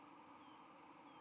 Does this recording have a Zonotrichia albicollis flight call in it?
no